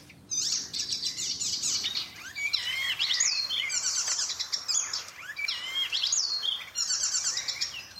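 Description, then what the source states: Icterine warbler song: fast, varied, shrill phrases of squeaky and twittering notes in rapid bursts, with short pauses between phrases. Summer visitor to the Netherlands that winters in Africa; very extensive repertoire, considered the imitator of imitators; shrill song full of imitations.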